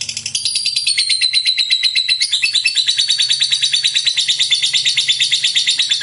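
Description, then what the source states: Lovebird song: a continuous rapid chatter of sharp high notes with a thin whistled line early on, over a faint low hum. Fighter-type lovebird, described as gacor.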